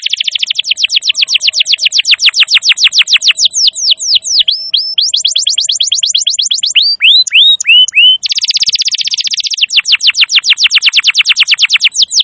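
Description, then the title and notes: Canary singing long runs of fast repeated sweeping notes, switching between trill types, with a buzzy burst about two-thirds through. Recording made as a lure to attract birds. "Pikat Burung Baru. kenari"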